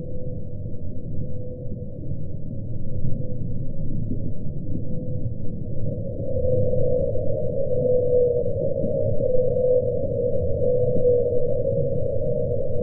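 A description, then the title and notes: A whale sound rendered as a steady, muffled low drone with a sustained humming tone that swells slightly louder midway and holds. 52 Hertz The world's loneliest whale sound. 52 赫茲世界上最孤獨的鯨魚聲.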